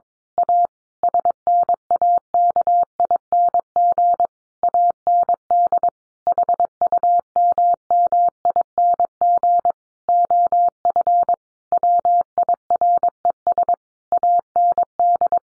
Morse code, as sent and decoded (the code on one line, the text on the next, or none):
.- / ... -. .- -.- .. -. --. / .- -. -.. / .... ..- -- -- .. -. --. / --- ..-. / .-- .. .-. . ... / .- -. -..
A SNAKING AND HUMMING OF WIRES AND